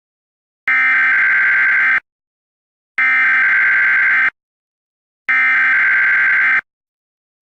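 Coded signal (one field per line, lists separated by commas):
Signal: Emergency Alert System (SAME) tones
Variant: header bursts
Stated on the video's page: Fictional national storm alert, made for entertainment.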